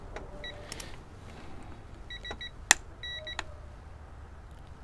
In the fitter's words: Czyli szybciej klikło niż ten zaczął piszczeć, ale jest okej.